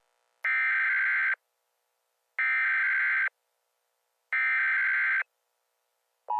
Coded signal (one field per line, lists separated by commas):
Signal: Emergency Alert System (SAME) tones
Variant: header bursts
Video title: EAS Scenario: Something Wrong with COVID-19 Contaminated Licorice/The Spread of Coronavirus